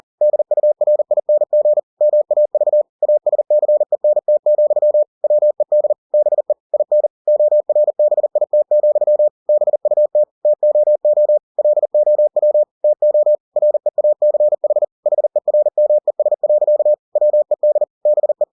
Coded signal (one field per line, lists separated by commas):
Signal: Morse code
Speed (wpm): 40 wpm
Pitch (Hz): 600 Hz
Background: none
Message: DURING MAV ASCENT, WED BE IN ORBIT, BUT TOO LOW TO REACH HERMES. WED BE